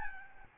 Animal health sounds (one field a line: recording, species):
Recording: mosquito wingbeat signal from an infrared sensor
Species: Aedes albopictus